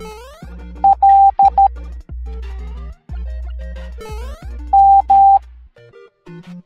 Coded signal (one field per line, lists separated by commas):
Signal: Morse code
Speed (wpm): 13 wpm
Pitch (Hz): 790 Hz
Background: music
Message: L M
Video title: Super Mario Goombas Teaching the Morse Code Alphabet Educational Video for Kids